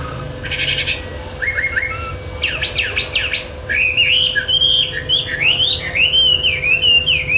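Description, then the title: Bird starts with a buzzy rattle and clipped chips, then breaks into a flowing, wavering whistled warble; steady hum underneath. "SuaraBurung Kicau6"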